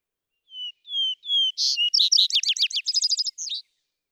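Vesper sparrow song: three clear whistled notes, then a loud buzzy note and a fast cascade of slurred chips and trills.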